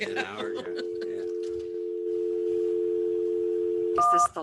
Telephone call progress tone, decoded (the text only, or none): dial tone